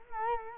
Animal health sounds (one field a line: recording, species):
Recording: mosquito wingbeat signal from an infrared sensor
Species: Culex quinquefasciatus